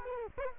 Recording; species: mosquito wingbeat signal from an infrared sensor; Culex quinquefasciatus